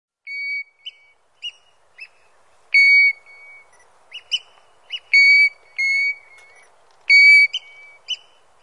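European golden plover giving clear, level whistled notes, some long and some clipped, in irregular bursts with short pauses between them.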